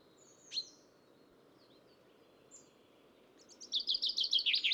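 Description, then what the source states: Common chaffinch song begins near the end: a fast trill of repeated bright notes, preceded by a few scattered thin high calls and a low steady background hum. Recorded in Copenhagen.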